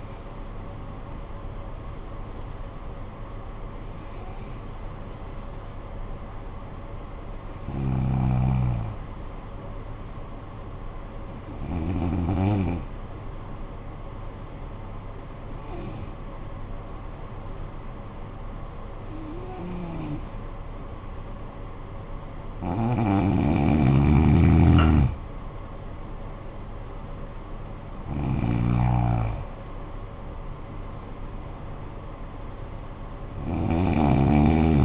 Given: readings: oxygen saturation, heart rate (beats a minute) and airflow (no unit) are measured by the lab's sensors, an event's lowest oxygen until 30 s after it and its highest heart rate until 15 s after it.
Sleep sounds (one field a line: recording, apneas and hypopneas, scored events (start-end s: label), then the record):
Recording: breathing in sleep by a smartphone at the bedside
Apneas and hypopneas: 1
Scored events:
4.00-23.70 s: hypopnea (N1, oxygen 95% highest, then 90% lowest, heart rate 51 at the start, 61 highest)
9.00-34.85 s: new sleep stage, N2 (light sleep)
From the record:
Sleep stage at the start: N1 (lightest sleep)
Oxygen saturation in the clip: 88 to 95%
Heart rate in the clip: 51 to 61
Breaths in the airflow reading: 8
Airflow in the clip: -10.5 to 10.7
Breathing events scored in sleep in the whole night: 445 in 7.6 hours asleep